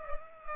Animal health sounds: mosquito wingbeat signal from an infrared sensor; Culex pipiens

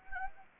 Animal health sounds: mosquito wingbeat signal from an infrared sensor; Anopheles gambiae

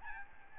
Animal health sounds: mosquito wingbeat signal from an infrared sensor; Aedes albopictus

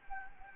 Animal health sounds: mosquito wingbeat signal from an infrared sensor; Anopheles gambiae

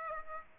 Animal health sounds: mosquito wingbeat signal from an infrared sensor; Aedes aegypti

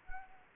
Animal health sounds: mosquito wingbeat signal from an infrared sensor; Anopheles gambiae

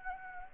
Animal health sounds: mosquito wingbeat signal from an infrared sensor; Anopheles gambiae

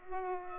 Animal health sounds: mosquito wingbeat signal from an infrared sensor; Culex pipiens

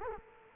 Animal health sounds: mosquito wingbeat signal from an infrared sensor; Culex quinquefasciatus

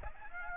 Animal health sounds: mosquito wingbeat signal from an infrared sensor; Aedes aegypti

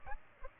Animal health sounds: mosquito wingbeat signal from an infrared sensor; Aedes aegypti

